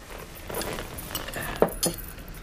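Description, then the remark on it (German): Several glasses clink together in quick succession as a toast is raised, bright metallic chinks with a couple of sharper taps standing out over a soft background murmur. “Gut, also dann, ich möchte das Glas erheben. Auf das kommende Reich.”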